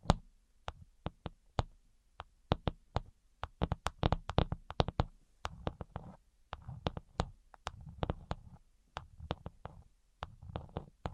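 Quick, sharp taps sound one after another with no talking, coming in irregular bursts and clusters. Around the middle and later they grow denser and louder, with a soft low rustle or thump filling the gaps between some strikes.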